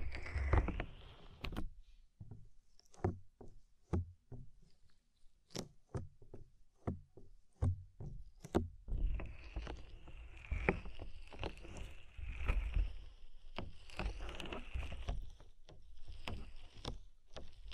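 Soft fluffy ear triggers: a steady run of quick brushing taps, sparse at first, then denser rustling strokes after about nine seconds.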